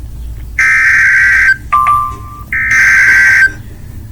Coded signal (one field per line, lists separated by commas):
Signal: Emergency Alert System (SAME) tones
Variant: header bursts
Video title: EAS 37 Severe Thunderstorm Warning for Burnet (TX)